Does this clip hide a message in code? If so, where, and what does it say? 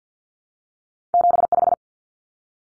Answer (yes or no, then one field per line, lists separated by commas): yes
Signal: Morse code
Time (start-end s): 1.1-1.7 s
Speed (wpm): 48 wpm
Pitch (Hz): 700 Hz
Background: none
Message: 75